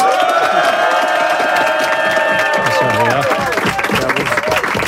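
A loud, steady burst of live applause and cheering from a crowd on the FM4 radio show La Boum Deluxe, dense clapping with whoops and shouts rising over it throughout, with some voices mixed in.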